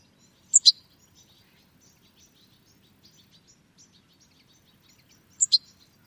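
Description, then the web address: Bird uttering sharp, high paired chips at the start and end, with faint, thin twittering notes scattered between them. "Deverinetal. Bird Only"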